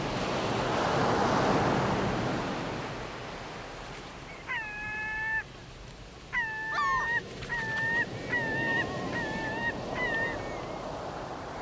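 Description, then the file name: Gull calls, harsh harmonic cries given singly and then in a quick run of repeated notes, after a stretch of steady surf and wind noise. Recorded by the sea. "mar y gaviotas"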